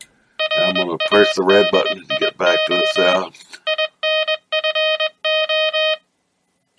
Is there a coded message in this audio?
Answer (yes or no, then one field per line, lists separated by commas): yes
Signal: Morse code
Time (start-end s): 0.4-5.9 s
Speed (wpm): 21 wpm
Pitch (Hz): 3100 Hz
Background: speech, music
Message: RADIO INFO